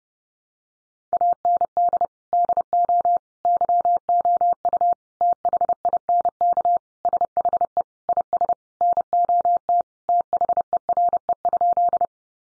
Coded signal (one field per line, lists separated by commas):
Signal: Morse code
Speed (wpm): 30 wpm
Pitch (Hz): 700 Hz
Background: none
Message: AND DO YOU THINK SHE IS NOT THERE?